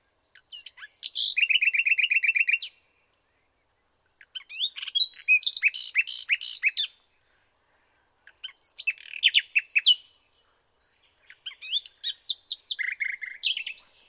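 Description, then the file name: Common nightingale song in four bursts roughly every four seconds: a fast repeated trill, then dense rattling and chirping phrases with varied whistles. "Luscinia megarhynchos"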